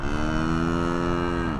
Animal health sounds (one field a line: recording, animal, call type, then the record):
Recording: contact call of a hoofed animal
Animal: cattle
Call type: low-frequency (closed-mouth) or high-frequency (open-mouth) call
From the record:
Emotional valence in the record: negative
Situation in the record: full separation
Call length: 1.59 s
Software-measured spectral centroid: 1420 Hz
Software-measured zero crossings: 1170 a second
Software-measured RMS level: -24 dBFS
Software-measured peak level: -10 dBFS